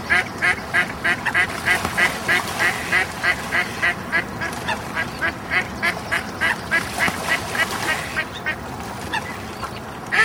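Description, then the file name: Duck quacking in a steady, rapid series of nasal quacks, about three per second, continuing almost without a break for ten seconds. "coincoin"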